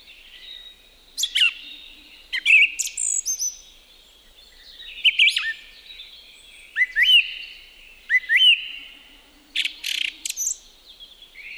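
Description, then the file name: Song thrush song: bright, varied whistled phrases, with a hooked, upward-flicking note repeated several times, and short pauses between the phrases. "laulurastas"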